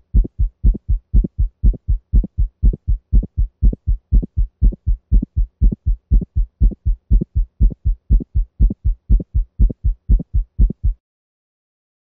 At the aortic valve region to an aortic ejection sound as it might sound in a dog with aortic valve stenosis. The sound cadence is 1-click-2 or lub-click-dup. Listen at 120 beats per minute.